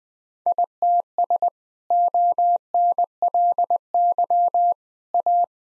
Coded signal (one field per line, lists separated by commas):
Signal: Morse code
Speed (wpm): 20 wpm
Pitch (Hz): 700 Hz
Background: none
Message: ITS ONLY A